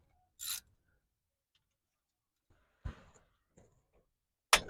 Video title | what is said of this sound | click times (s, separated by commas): How to change Toyota Rav4 Prime Transmission and Rear Differential Fluid. Have no fear, JT is Here 😃 | Just like that. You hear that snap? | 4.5 s